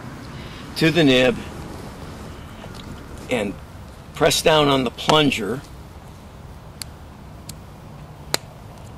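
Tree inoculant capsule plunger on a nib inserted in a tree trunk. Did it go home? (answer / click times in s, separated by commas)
yes / 8.3 s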